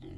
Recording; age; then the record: pig call; weaner (32 to 43 days)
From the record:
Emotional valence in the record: negative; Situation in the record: negative conditioning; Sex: female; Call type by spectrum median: low-frequency call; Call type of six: low-frequency stable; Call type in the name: low-frequency stable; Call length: 0.17 s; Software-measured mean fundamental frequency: 66 Hz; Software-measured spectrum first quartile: 95 Hz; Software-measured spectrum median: 228 Hz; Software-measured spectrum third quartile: 401 Hz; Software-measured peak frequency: 315 Hz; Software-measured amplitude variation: 107 dB a second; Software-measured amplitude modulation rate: 29.1 a second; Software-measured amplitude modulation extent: 3.7 dB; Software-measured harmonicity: 3.6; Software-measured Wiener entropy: 0.36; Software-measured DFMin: 750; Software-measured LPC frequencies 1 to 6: 324, 2013, 3204, 4432, 5195, 6271 Hz